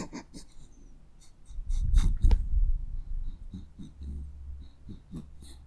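Dog sniffing: rapid repeated sniffs and snuffling, a louder stretch of breathy snorting in the middle, then quick sniffs continuing.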